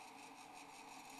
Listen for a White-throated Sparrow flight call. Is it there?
no